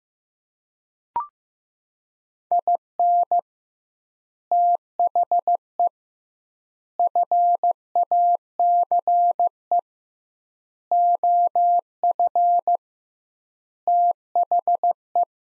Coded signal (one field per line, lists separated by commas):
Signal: Morse code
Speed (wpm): 15 wpm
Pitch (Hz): 700 Hz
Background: none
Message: IN THE FACE OF THE